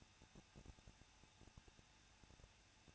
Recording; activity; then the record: daily activity, microphone in the room; no activity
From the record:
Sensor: 2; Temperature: 21.0 degrees Celsius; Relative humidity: 37.4%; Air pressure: 1006.2 hPa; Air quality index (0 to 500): 222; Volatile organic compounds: 24 ppm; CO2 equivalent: 2809 ppm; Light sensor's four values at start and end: 2/3/2/2 and 2/3/2/2